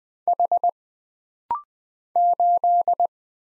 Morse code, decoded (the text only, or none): H 8